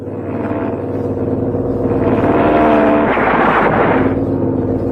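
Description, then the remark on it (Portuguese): A steady, loud droning roar of military planes of the 34th Air Division passing overhead, with a low humming engine tone that swells toward the middle before easing slightly. “Passando agora a 34ª Divisão Aérea de Hinkle. Nossos aviões!”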